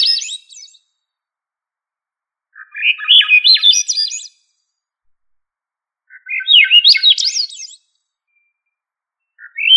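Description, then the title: Thrush song in short melodious phrases roughly every three to four seconds, each a run of slurred, rising and falling whistled notes, against a silent background. "Familia Turdidae - Sabia"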